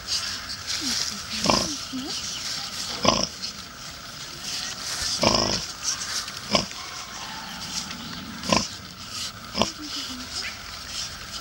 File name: Witten - Hohenstein - Wildpark - sus scrofa